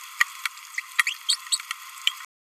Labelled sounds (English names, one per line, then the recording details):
Green-rumped Parrotlet babbling
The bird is a male
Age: 27 days
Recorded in a nest box in Venezuela
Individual 17B31A2